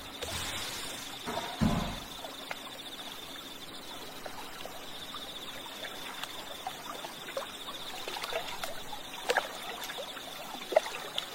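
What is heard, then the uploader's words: Water trickles and splashes steadily at a hot spring while a thin, unbroken insect drone hums above, with a louder splash near two seconds. Roaming in hot springs where cicadas sing in summer nights.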